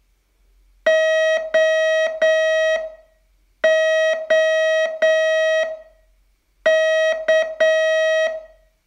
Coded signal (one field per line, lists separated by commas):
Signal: Morse code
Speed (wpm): 8 wpm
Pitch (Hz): 640 Hz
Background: none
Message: OOK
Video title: Learn Morse in 42 Days from VU2LAU - day 28